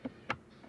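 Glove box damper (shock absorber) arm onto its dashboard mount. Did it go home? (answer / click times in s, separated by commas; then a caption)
yes / 0.3 s. The side arm of a glove box damper (shock absorber), fingered out of its hole and stretched out, is pushed onto its dashboard mount after the glove box stops are refitted. A faint tap comes first, then one sharp click at 0.3 s as it seats fully into place, followed by a faint tick near the end.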